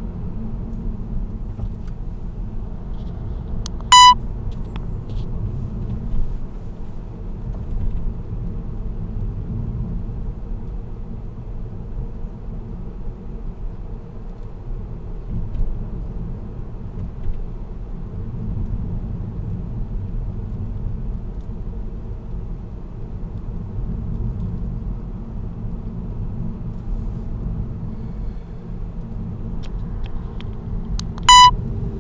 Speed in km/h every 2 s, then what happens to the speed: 41, 41, 43, 42, 41, 40, 42, 42, 43, 40, 40, 40, 40, 41, 42, 42.
0-32 steady at about 41.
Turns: none.